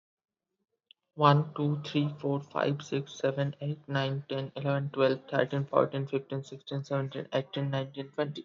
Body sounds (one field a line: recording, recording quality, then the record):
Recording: counting at a fast pace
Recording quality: moderate, slight background noise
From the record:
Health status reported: respiratory illness, not identified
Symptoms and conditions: asthma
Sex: male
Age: 19 years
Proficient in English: yes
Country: India